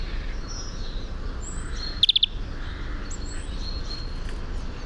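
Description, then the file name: European greenfinch call: a quick burst of four sharp, high chipping notes over steady low background noise, with faint thin whistles. "Chloris chloris"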